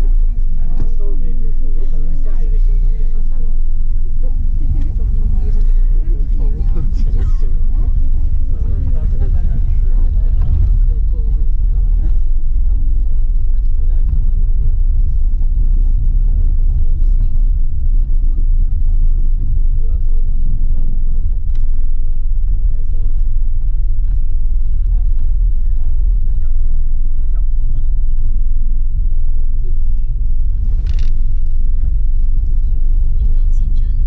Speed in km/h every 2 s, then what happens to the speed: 3, 4, 5, 8, 11, 14, 17, 17, 16, 14, 13, 11, 11, 12, 14, 17, 18.
0-12 speeds up to 17. 12-22 slows to 11. 22-34 steady at about 12.